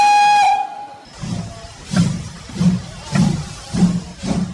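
A steam locomotive gives a short, steady whistle blast, then settles into a regular rhythm of loud, hissing chuffs, about six steam puffs in quick, even succession.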